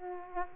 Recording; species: mosquito wingbeat signal from an infrared sensor; Aedes aegypti